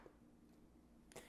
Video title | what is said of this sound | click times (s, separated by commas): RTX 4090 Founders Edition Installation - Everything You NEED to Know to Properly Install This GPU! | and there you go you should hear a nice snap | 1.1 s